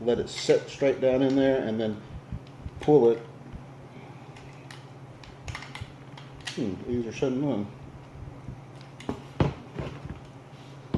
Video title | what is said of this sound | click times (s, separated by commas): IKEA DRAWER BUILD - Sektion Bodbyn Gray | and it snaps in place and then you're good everybody | 9.4 s